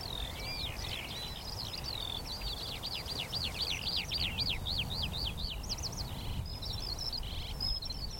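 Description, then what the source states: Eurasian skylark song, varied chirps and trills with a quick run of fast repeated up-and-down whistled notes, over light low noise. Chorus of skylarks rising from young barley, singing exultantly as they climb high into a cloudy sky; vast open field, northern edge of the Cotswolds, South Warwickshire.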